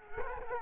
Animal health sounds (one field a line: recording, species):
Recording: mosquito wingbeat signal from an infrared sensor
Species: Culex quinquefasciatus